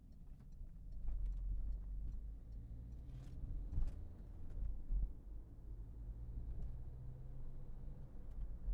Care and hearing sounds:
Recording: everyday scene through a hearing-aid microphone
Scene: in a vehicle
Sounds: engine, highway driving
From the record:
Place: Berlingo II, diesel engine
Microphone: behind the ear, left, rear

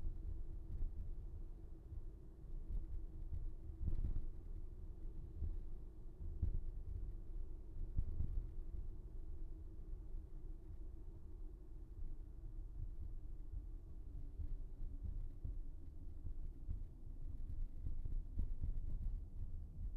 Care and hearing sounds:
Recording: everyday scene through a hearing-aid microphone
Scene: in a vehicle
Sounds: engine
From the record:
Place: VW T5 Caravelle, diesel engine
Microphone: behind the ear, right, rear

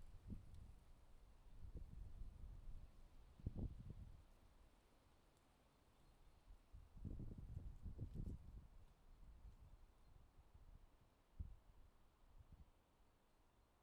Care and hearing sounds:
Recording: everyday scene through a hearing-aid microphone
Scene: wind on the microphone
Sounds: wind, traffic, birds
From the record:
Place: suburban garden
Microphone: in the ear canal, left

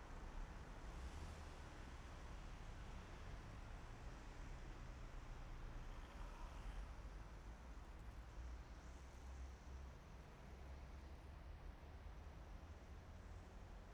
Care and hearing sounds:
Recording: everyday scene through a hearing-aid microphone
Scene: in traffic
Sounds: traffic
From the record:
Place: main city hub, rush hour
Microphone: behind the ear, right, front

